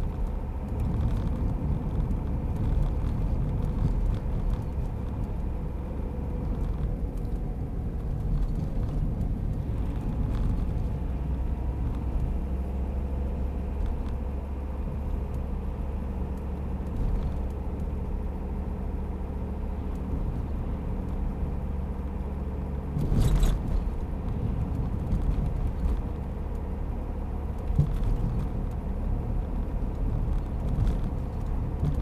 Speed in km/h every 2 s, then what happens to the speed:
53, 52, 51, 49, 46, 49, 52, 50, 51, 53, 54, 56, 55, 55, 55, 55.
0-9 slows to 46. 9-21 speeds up to 56. 21-32 steady at about 55.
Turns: none.